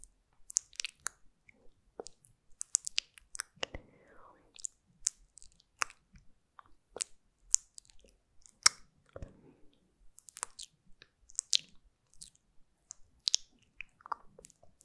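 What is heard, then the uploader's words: Mouth sounds: a steady stream of sharp, wet clicks and smacks scattered irregularly across the whole clip, several each second, mostly bright and crisp. Around four and nine seconds, brief softer squishy, slurping passages rise in the lower-middle range between the clicks. ASMR " MOUTH SOUNDS MY BEST " (Personal Attention, Mmuah, Cikiliki, TicTic, SkSk...)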